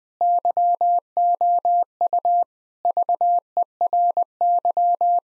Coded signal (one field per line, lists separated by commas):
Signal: Morse code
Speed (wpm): 21 wpm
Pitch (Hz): 700 Hz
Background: none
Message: YOU VERY